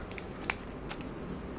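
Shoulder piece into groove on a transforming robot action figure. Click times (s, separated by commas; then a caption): 0.5 s. The shoulder piece of a plastic Transformers Robots in Disguise (2015) Warrior-class Jazz action figure is moved up into its groove so the robot packs in properly. Light plastic taps around 0.1, 0.2, 0.9 and 1.0 seconds surround the sharpest click at 0.5 seconds. The shoulder then seats and holds in place.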